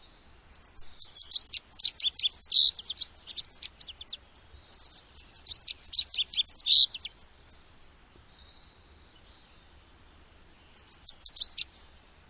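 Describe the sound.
Bird giving rapid, high-pitched twittering chirps in a long seven-second run, then a short burst near the end after a silent gap.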